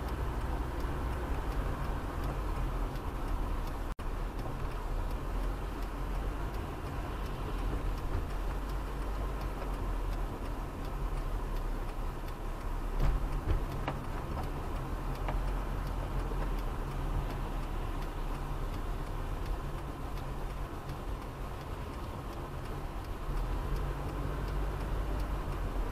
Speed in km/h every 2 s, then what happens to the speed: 27, 25, 21, 22, 23, 22, 19, 19, 18, 16, 14, 14, 18.
0-4 slows to 21. 4-9 steady at about 22. 9-20 slows to 14. 20-26 steady at about 14.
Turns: none.